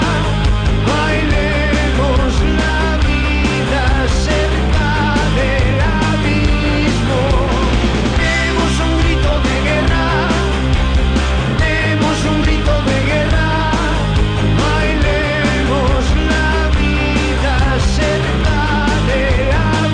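A rock band song plays loud and steady for the whole stretch, a dense wall of drums, bass and guitars with no pauses or quiet moments.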